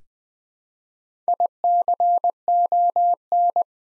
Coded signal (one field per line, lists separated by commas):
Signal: Morse code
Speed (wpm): 20 wpm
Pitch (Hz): 700 Hz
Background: none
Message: ICON